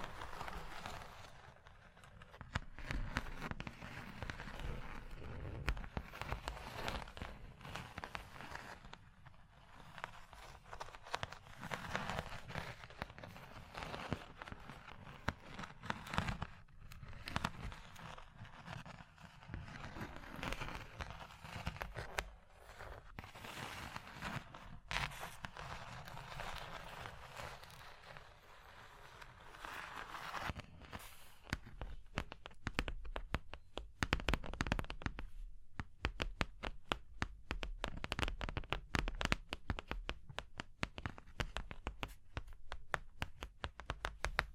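Tapping, scratching and tracing on a surface, dense and continuous with soft swells, turning into quicker, sharper taps and scratches after thirty seconds.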